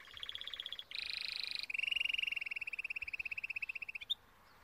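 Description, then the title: Timbrado canary song of rapid rolling trills in several sections, ending in a long steady trill of evenly spaced notes before stopping. Timbrado canary breed song in a training video. "Canary Bird Singing - Timbrado training video"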